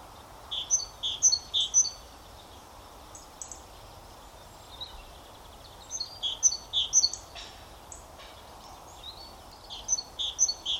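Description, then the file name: Great tit calls: short high chirps and notes in bursts of about five, repeated every few seconds over steady background noise. "Parus major"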